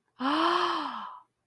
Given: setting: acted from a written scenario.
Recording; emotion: vocal sound without words; awe